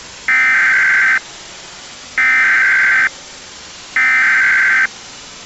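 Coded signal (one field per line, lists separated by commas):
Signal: Emergency Alert System (SAME) tones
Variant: header bursts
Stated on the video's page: Fictional EAS scenario made with iMovie, containing valid tones; not a real alert.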